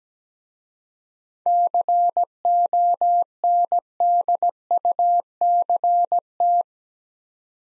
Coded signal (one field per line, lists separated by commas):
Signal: Morse code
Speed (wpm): 17 wpm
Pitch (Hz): 700 Hz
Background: none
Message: CONDUCT